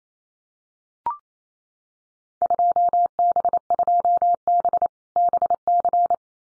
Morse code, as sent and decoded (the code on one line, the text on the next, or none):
..--- -... ..--- -... / -... -.-.
2B2B BC